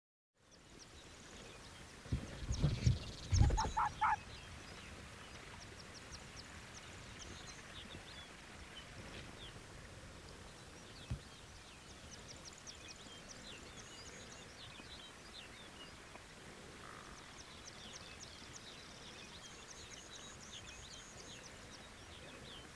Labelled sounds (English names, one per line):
Arctic Fox